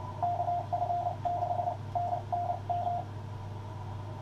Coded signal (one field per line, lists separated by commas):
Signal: Morse code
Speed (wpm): 29 wpm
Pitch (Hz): 700 Hz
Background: none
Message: KF6NNM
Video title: W3WRC Field Day 2023 operating CW and SSB